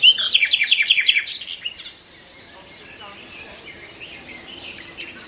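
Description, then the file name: Common nightingale song: a fast burst of loud, repeated chirping notes for about a second, then quieter with faint high thin whistles. "Nachtegaal"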